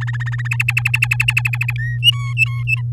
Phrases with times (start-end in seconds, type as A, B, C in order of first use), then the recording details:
0.01-0.48 A, 0.51-1.73 B, 1.78-1.98 C, 2.02-2.81 D. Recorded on 11 May 2018 at 05:32. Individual llb16